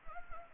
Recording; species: mosquito wingbeat signal from an infrared sensor; Anopheles gambiae